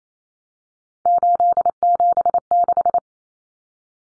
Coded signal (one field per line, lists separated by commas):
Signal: Morse code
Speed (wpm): 28 wpm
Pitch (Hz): 700 Hz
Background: none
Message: 876